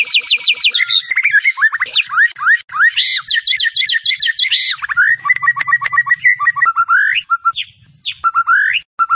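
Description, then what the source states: White-rumped shama song, a busy mix of rising whistles, rapid trills and harsh high notes, with brief pauses and scattered repeated chirps. Masteran training song used to teach champion birds.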